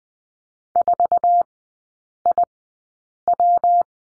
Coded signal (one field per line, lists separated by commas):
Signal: Morse code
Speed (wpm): 20 wpm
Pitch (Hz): 700 Hz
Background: none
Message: 4IW